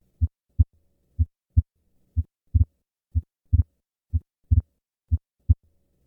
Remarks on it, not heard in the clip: An innocent systolic murmur with physiologic splitting of S2. I will begin with the physiologic splitting and then add the innocent murmur.